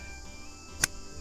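A new metal brake pad clip on a Toyota Corolla is pushed into its notch in the brake pad/caliper bracket. A sharp metallic snap at 0.8 s marks it popping in, and the clip is seated. Apart from that, only low background hum is heard.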